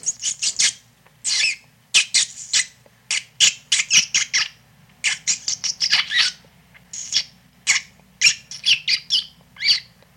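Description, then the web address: Rat squeals, high and raspy, tumbling out in fast irregular bunches with short silences between them, continuing steadily throughout. "animal rat"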